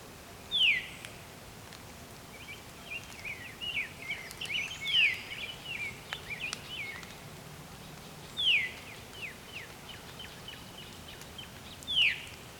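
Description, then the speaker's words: Veery calls: loud downslurred notes given several times at uneven intervals, with a jumble of other high bird twitters in between and soft background hiss. Veery calling energetically, opening its wings as it calls; recorded very close; the species is named for this 'veer' call. "Putting a lot of energy into this call. It's opening its wings as it calls."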